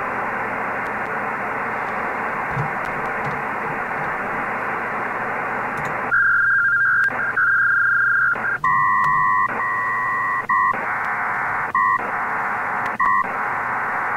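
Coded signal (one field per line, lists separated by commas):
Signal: HF data modem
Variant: PACTOR III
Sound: dense hissing data roar, then rhythmic chirpy two-tone warbles alternating with short hiss bursts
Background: radio static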